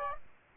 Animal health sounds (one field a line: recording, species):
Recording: mosquito wingbeat signal from an infrared sensor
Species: Aedes aegypti